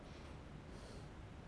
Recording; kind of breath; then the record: one breath in and out by a microphone near the nose and mouth; normal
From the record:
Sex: male